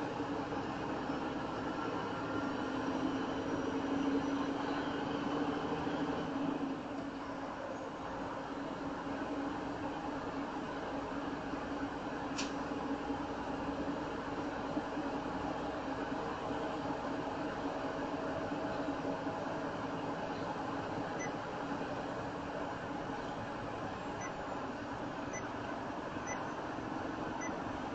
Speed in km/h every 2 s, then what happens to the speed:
48, 52, 55, 55, 55, 56, 58, 58, 60, 60, 61, 61, 64, 64.
0-28 speeds up to 64.